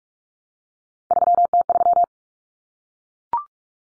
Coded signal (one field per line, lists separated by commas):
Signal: Morse code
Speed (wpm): 44 wpm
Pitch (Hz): 700 Hz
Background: none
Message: 3T3